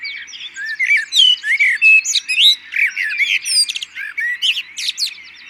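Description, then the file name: Common blackbird song, a steady flow of mellow fluty warbles with sharp high twittering flourishes mixed in. "Turdus merula"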